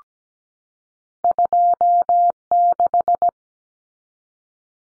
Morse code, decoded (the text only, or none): 26